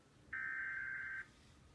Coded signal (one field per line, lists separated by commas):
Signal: Emergency Alert System (SAME) tones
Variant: header bursts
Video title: EAS Alert #6: Severe Thunderstorm Warning for Boone and Montgomery counties in Indiana.